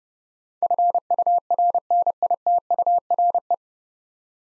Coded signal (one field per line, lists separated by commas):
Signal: Morse code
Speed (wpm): 30 wpm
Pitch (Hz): 700 Hz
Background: none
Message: FURNITURE